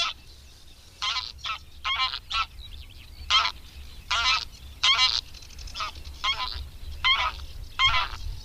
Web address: Madardalok Cd 3. Nyári lúd